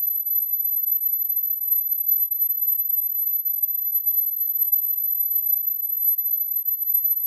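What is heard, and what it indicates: A steady, very high-pitched, faint continuous tone near 11 kHz, looped, simulating a reduced form of the ringing of tinnitus.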